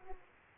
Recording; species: mosquito wingbeat signal from an infrared sensor; Aedes aegypti